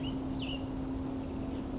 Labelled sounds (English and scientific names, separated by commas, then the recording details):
Cassin's Vireo (Vireo cassinii)
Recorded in Sonoma County, California